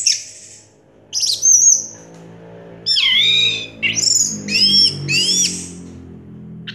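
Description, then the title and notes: Orange-headed thrush song: loud high whistled and slurred phrases in short bursts over a steady low hum. Anis merah song in the 'teler' style, with a clear voice. "Anis Merah Teler Suara Jernih. suara anis merah"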